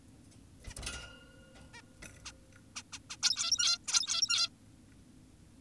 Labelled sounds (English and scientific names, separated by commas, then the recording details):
Zebra Finch (Taeniopygia guttata)
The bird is an adult
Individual g17y2U